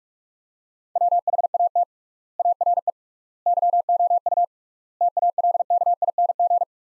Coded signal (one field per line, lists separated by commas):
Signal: Morse code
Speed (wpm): 47 wpm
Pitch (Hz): 700 Hz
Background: none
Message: WHAT ARE YOU TALKING